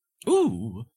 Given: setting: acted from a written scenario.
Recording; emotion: vocal sound without words; negative surprise